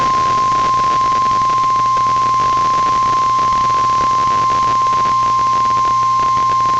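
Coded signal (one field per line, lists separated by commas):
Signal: Emergency Alert System (SAME) tones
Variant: 1050 Hz attention tone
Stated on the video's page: NOAA Weather Radio weekly tests.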